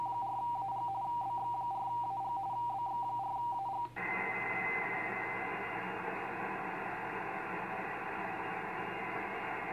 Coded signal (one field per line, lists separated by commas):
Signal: RTTY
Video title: VK9MT -- Mellish Reef 15M RTTY de BX4AG